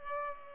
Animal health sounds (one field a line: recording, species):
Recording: mosquito wingbeat signal from an infrared sensor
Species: Culex pipiens